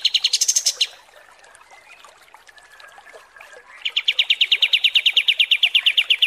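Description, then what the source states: Kapas tembak song: a brief high buzzy chatter, a quiet gap with faint notes, then a fast, steady trill of sharp repeated chips. Masteran training song for songbirds; a high-quality 'kapas tembak' song type.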